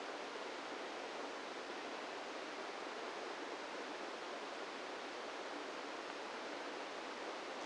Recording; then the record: brain microelectrode recording played as sound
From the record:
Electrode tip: inside the subthalamic nucleus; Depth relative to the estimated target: -2 mm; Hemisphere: right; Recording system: NeuroSet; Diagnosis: Parkinson's disease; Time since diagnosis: 17 years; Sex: male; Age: 64 years